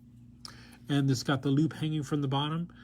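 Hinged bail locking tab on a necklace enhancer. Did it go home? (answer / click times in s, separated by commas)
yes / 0.4 s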